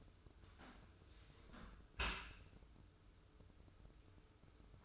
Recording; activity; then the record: daily activity, microphone in the room; close dishwasher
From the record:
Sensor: 2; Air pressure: 995.7 hPa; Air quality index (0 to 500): 96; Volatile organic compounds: 5 ppm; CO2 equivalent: 1776 ppm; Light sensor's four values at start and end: 25/81/32/31 and 25/81/32/31